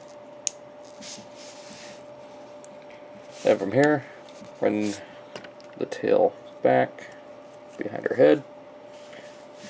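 On a Transformers Generations: Power of the Primes Dinobot Slash transforming plastic toy robot, a plastic foot piece is rotated at the thigh into the leg joint, giving one sharp click at 0.5 s as it clicks into place. Someone then talks over a low background hum, and the foot is seated.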